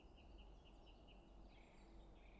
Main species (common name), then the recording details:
Song Thrush. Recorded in Germany. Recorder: ecoPi